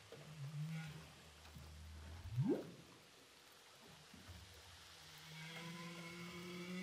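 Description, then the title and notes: Humpback whale song units: low droning moans followed by a sharp upsweep rising from low to high pitch, then quieter drawn-out tones, over steady underwater hiss. Humpback whales recorded with a DPA hydrophone offshore from Saint-Paul, Réunion. "Baleines à bosse enregistrées à l'hydrophone DPA au large de saint Paul de la réunion"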